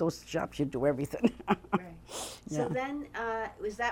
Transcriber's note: she laughs